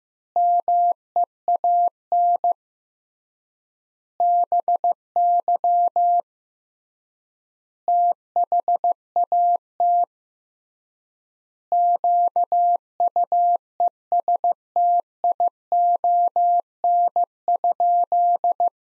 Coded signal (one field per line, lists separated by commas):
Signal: Morse code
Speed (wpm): 15 wpm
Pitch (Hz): 700 Hz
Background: none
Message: MEAN BY THAT QUESTION?